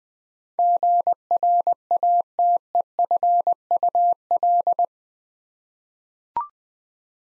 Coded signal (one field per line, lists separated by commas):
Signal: Morse code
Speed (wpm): 20 wpm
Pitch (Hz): 700 Hz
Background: none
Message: GRATEFUL